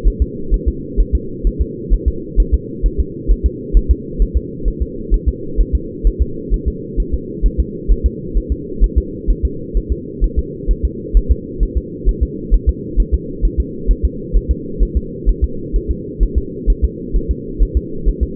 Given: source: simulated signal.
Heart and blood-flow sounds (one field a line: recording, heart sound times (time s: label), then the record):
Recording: fetal heart sounds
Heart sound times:
0.08 s: S1
0.22 s: S2
0.54 s: S1
0.68 s: S2
1.00 s: S1
1.15 s: S2
1.47 s: S1
1.62 s: S2
1.94 s: S1
2.08 s: S2
2.40 s: S1
2.54 s: S2
2.86 s: S1
3.00 s: S2
3.31 s: S1
3.46 s: S2
3.77 s: S1
3.91 s: S2
4.22 s: S1
4.37 s: S2
4.68 s: S1
4.82 s: S2
5.14 s: S1
5.28 s: S2
5.61 s: S1
5.75 s: S2
6.07 s: S1
6.22 s: S2
6.54 s: S1
6.68 s: S2
7.00 s: S1
7.14 s: S2
7.46 s: S1
7.60 s: S2
7.92 s: S1
8.06 s: S2
8.38 s: S1
8.52 s: S2
8.84 s: S1
8.98 s: S2
9.31 s: S1
9.45 s: S2
9.77 s: S1
9.92 s: S2
10.24 s: S1
10.39 s: S2
10.71 s: S1
10.85 s: S2
11.17 s: S1
11.31 s: S2
11.63 s: S1
11.77 s: S2
12.09 s: S1
12.23 s: S2
12.54 s: S1
12.69 s: S2
13.00 s: S1
13.14 s: S2
13.45 s: S1
13.60 s: S2
13.91 s: S1
14.05 s: S2
14.37 s: S1
14.51 s: S2
14.83 s: S1
14.97 s: S2
15.29 s: S1
15.44 s: S2
15.76 s: S1
15.91 s: S2
16.23 s: S1
16.38 s: S2
16.70 s: S1
16.84 s: S2
17.16 s: S1
17.31 s: S2
17.62 s: S1
17.77 s: S2
18.09 s: S1
18.23 s: S2
From the record:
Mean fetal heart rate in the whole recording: 130 bpm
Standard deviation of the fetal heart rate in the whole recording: 2 bpm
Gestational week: 36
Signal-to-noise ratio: -4.3 dB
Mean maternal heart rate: 72 bpm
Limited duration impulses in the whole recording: absent